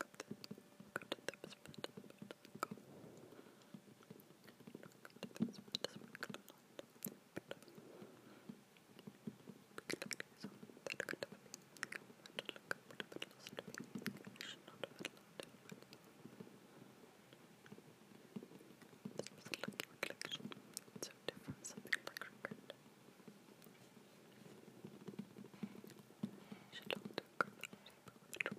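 Quiet, unintelligible whispering runs through the whole clip, breathy, mixed with soft fingertip taps on a large box. The taps come as sharp little clicks, scattered but frequent, bunching into busier spells around ten, fifteen, twenty and twenty-seven seconds.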